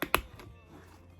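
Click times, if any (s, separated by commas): 0.1 s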